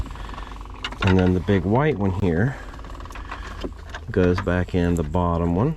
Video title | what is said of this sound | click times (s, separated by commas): How to Replace Your 2005 Frontier Center Console | so this one you press in and then you pull this lever down until it clicks | 0.9 s